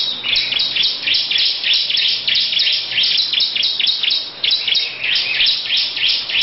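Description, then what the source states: Lovebird giving a continuous, high-pitched chattering trill of rapid chirps, pulsing in short bursts throughout with barely any breaks. Long "ngekek panjang" song.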